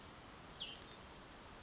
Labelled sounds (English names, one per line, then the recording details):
Hutton's Vireo
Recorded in Sonoma County, California